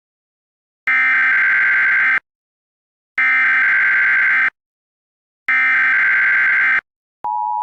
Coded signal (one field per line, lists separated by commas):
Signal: Emergency Alert System (SAME) tones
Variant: header bursts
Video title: EAS Scenario #9: Die-spacito